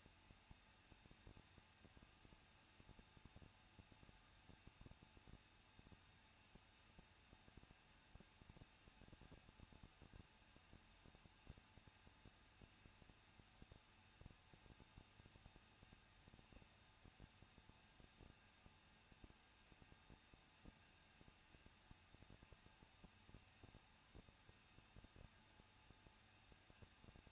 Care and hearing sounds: daily activity, microphone in the room; no activity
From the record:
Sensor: 2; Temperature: 21.0 degrees Celsius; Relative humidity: 37.3%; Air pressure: 1006.2 hPa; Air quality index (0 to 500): 221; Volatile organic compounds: 23 ppm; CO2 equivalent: 2796 ppm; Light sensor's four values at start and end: 2/3/2/2 and 2/3/2/2

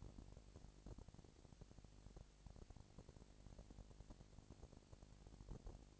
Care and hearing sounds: daily activity, microphone in the room; no activity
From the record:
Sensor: 5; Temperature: 20.1 degrees Celsius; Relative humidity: 38.2%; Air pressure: 998.9 hPa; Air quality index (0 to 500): 218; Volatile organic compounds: 24 ppm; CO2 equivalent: 2814 ppm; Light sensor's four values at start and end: 2/3/1/1 and 2/3/1/1

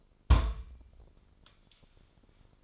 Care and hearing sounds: daily activity, microphone in the room; place on stove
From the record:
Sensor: 5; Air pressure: 995.5 hPa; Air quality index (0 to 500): 97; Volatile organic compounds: 6 ppm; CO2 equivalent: 1853 ppm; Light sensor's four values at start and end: 34/82/33/35 and 34/82/34/35

